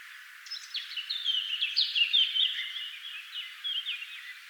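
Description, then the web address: Eurasian blackcap warbling steadily, with fast varied notes and a few clearer whistles over a hissing background. "SETE data Sylvia atricapilla"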